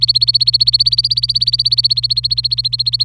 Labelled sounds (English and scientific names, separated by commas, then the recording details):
Domestic Canary (Serinus canaria) song
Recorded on 26 April 2018 at 11:47
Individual llb3